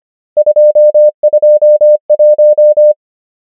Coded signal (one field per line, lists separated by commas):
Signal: Morse code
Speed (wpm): 25 wpm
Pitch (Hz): 600 Hz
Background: none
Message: 2 2 1